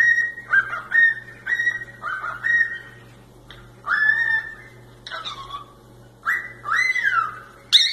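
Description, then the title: Cockatiel whistles in bright rising and falling phrases, separated by short pauses, over a faint steady low hum. Several cockatiels singing and whistling. "Calopsitas Cantando Assobio"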